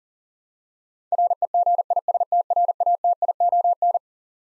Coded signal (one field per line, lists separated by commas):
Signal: Morse code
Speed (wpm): 40 wpm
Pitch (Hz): 700 Hz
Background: none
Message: REGISTRATION